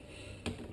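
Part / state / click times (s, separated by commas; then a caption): quick-detachable pivot scope mount lever locking onto rifle base / seated / 0.5 s, 0.7 s. The metal locking lever on an EAW (Ernst Apel) quick-detachable pivot scope mount is flicked up after the mount is slotted into the front groove and pivoted into the rear base on the rifle. A sharp click sounds at 0.5 s and another at 0.7 s over a low steady background. The lever locks the mount firmly in place.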